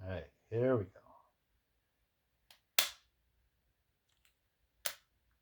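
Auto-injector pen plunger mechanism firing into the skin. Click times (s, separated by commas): 2.8 s, 4.9 s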